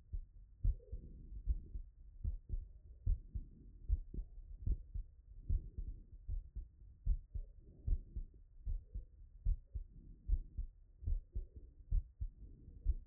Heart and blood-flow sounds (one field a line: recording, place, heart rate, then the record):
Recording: heart sounds by stethoscope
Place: Erb's point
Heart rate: 71 bpm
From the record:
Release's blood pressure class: hypertension stage 2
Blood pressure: 149/78 mmHg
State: after exercise